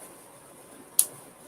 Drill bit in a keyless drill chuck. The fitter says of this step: all right you'll hear the click and it'll get super tight so and then what i do is i just kind of pull a little bit